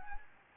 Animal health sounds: mosquito wingbeat signal from an infrared sensor; Anopheles gambiae

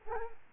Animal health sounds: mosquito wingbeat signal from an infrared sensor; Culex quinquefasciatus

